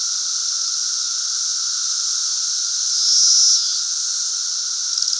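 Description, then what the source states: Massed periodical cicadas droning in a constant high-pitched whine over a lower steady hum, one caller rising briefly above the rest midway. Great Southern Brood emergence, 2024.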